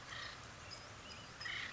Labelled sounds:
Acorn Woodpecker
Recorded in Sonoma County, California

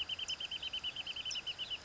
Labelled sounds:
California Towhee
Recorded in Sonoma County, California

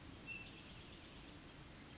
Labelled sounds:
Western Flycatcher
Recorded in Sonoma County, California

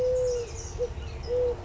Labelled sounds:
Eurasian Collared Dove
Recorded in Sonoma County, California

